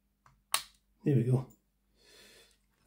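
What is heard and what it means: During reassembly of a Hornby R2563 Britannia Class 7MT "William Wordsworth" OO gauge model locomotive after a gear repair, a plastic clip-in part on the chassis that had not been sitting right is pressed back on. After a faint tick at 0.3 s, it snaps home with a sharp click at 0.6 s, and the part is seated. Someone then talks, followed by a soft, broadband noise.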